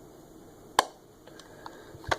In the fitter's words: so you can hear it pop off there